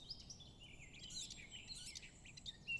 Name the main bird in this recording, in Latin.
Sylvia atricapilla